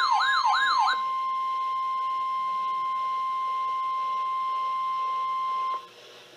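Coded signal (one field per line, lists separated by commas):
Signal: Emergency Alert System (SAME) tones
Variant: 1050 Hz attention tone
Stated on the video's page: Flash Flood Watch on NOAA Weather Radio, issued by the Binghamton, NY weather forecast office.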